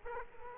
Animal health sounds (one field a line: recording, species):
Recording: mosquito wingbeat signal from an infrared sensor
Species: Aedes aegypti